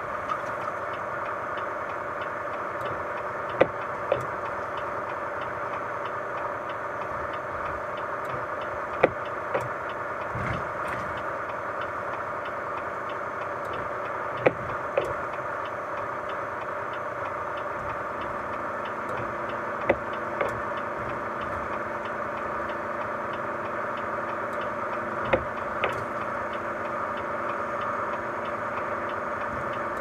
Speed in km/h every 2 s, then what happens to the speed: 41, 41, 41, 41, 41, 41, 41, 41, 41, 41, 41, 41, 41, 41, 41.
0-30 steady at about 41.